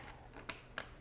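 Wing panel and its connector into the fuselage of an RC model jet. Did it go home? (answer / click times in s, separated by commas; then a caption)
yes / 0.5 s, 0.8 s. A foam wing panel of a large Freewing A-10 V2 RC jet model is pushed into the fuselage so its plug-in connector and locks seat, the connection that lets the flaps, retracts and ailerons talk to the control board. Two sharp plastic clicks are heard at 0.5 and 0.8 seconds against a quiet background. The wing seats fully and locks in place.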